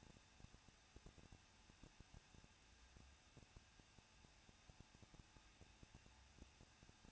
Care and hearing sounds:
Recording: daily activity, microphone in the room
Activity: no activity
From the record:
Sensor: 2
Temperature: 21.0 degrees Celsius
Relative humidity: 37.3%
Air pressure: 1006.3 hPa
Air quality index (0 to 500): 220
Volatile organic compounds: 23 ppm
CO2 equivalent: 2784 ppm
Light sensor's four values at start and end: 2/3/2/2 and 2/3/2/2

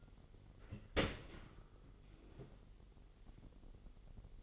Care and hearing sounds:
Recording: daily activity, microphone in the room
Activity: open dishwasher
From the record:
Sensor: 4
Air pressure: 999.0 hPa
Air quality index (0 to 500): 126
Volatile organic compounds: 2 ppm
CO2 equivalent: 1235 ppm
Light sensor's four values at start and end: 7/17/6/7 and 7/18/7/7

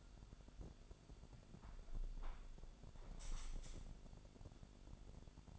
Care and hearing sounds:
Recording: daily activity, microphone in the room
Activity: close window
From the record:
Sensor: 5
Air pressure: 1006.6 hPa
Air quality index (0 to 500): 194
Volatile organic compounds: 6 ppm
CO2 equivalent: 1851 ppm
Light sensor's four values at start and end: 57/161/63/63 and 57/161/62/63

